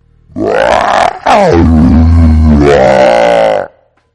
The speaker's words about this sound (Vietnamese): đồng thời gầm lên một tiếng phẫn nộ vang vọng cả Đại Duyên Sơn.